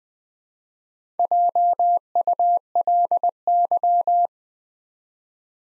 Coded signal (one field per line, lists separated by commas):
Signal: Morse code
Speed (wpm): 20 wpm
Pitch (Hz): 700 Hz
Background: none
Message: JULY